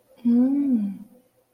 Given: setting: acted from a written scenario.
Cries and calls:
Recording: vocal sound without words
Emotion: desire

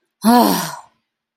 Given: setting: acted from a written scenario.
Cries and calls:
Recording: vocal sound without words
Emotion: anger

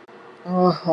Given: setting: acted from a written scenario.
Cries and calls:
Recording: vocal sound without words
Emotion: shame

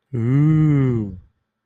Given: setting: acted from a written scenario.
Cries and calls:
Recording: vocal sound without words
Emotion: awe

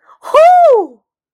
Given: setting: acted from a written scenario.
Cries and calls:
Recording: vocal sound without words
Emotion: positive surprise

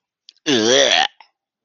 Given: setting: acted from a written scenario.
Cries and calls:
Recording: vocal sound without words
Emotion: disgust

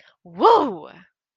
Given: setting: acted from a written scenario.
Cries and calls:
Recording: vocal sound without words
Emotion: triumph

